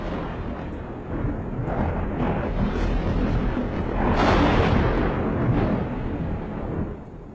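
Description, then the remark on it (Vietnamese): A long, low rumble of thunder rolls on for several seconds, swelling louder midway before slowly fading, with a broad, grainy roar underneath and no voices. “Tiếng gào của Thanh bị tiếng sấm chớp át hẳn đi.”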